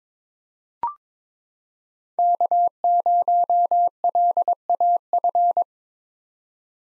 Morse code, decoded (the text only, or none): K0LAF